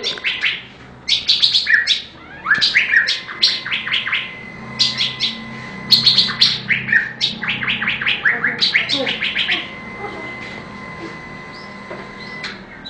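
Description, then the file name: Blue-winged leafbird song in lively bursts of quick chirps and twittering phrases separated by short pauses, over a faint constant tone. "suara burung cucak gadung"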